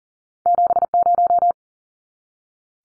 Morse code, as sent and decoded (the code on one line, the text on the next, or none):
--... -----
70